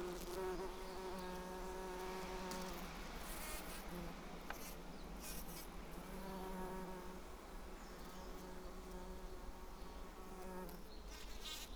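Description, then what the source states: Bumblebee buzz, a low hum that comes and goes in several stretches. Recorded on Schanzenstrasse, Dresden, Germany.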